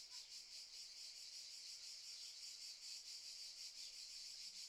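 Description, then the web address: Cicada chorus as a continuous high, hissing drone with soft, uneven swells. Cicadas stridulating very loudly in summer fields during the morning. "Sculp Tunes - Summer in the field - Crickets and Cicadas"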